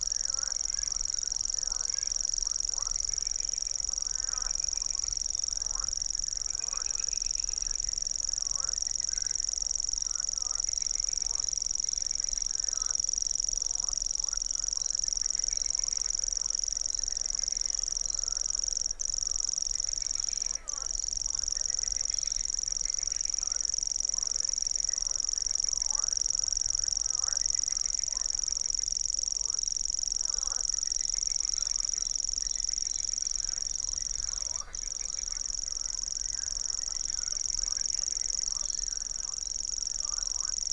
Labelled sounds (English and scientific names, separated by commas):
Common Grasshopper Warbler (Locustella naevia) song